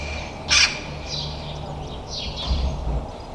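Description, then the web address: Bird giving a single short, harsh, noisy call, followed by faint scratchy chirps over a steady low hum. "birddata Deverinetal 2025"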